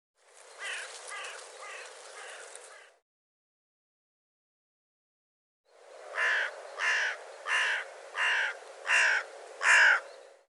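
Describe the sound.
Bird calling in two bouts: four soft, quick caws, a pause, then six louder harsh caws repeated at a steady pace.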